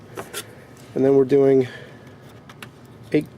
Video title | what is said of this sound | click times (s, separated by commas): Lenovo Ideapad N585 Pseudo-Unboxing and Memory Upgrade | bring memory in on an angle and then just press down and then you'll hear the click | 0.2 s